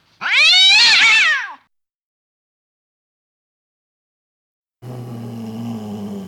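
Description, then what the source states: Cat gives a single high, wavering yowl, followed after a pause by a rough, low, noisy rumble. Cat fight with yowls.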